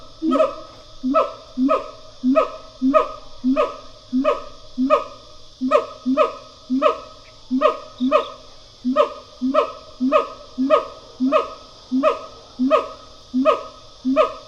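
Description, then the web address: Siamang calling: repeated barking hoots with ringing overtones, about one and a half per second, kept up steadily throughout. Siamang pair call, a gibbon duet; stereo recording. "Sound Effects-Foundation. Animal Gibbon Siamang pair call"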